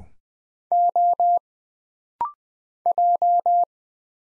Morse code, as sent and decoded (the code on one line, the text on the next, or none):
--- / .---
O J